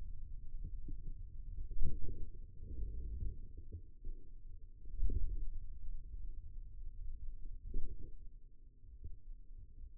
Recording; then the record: forearm muscle sounds (acoustic myography)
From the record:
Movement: wrist extension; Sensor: system 2, bracelet of six BSWA MPA416 microphones around the upper forearm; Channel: 3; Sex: male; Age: 22 years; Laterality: right